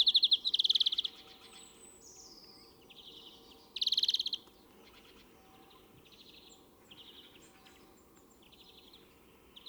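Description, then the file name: European greenfinch trilling: two loud rapid buzzy trills near the start and around four seconds, followed by softer trilled phrases and faint chirps. "Chloris chloris"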